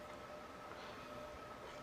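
A RAM module is held over a motherboard DIMM slot while its pins are lined up before it is pushed in. Only a steady background hiss with a faint constant hum is heard, with no sudden sounds. Nothing has seated or clicked yet.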